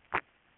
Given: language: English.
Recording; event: throat vibration sensor signal played as sound; swallow